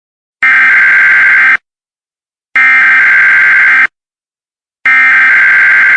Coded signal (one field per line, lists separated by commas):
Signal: Emergency Alert System (SAME) tones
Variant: header bursts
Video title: EAS Tornado Warning, Texas